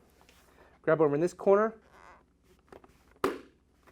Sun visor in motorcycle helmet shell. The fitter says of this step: here it pop out